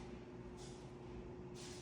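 A replacement inner cannula is inserted into a tracheostomy tube before it is turned to lock. A steady low hum runs throughout, with two brief bursts of soft high hiss around 0.6 s and 1.6 s. Nothing has locked or clicked yet.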